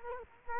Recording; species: mosquito wingbeat signal from an infrared sensor; Culex quinquefasciatus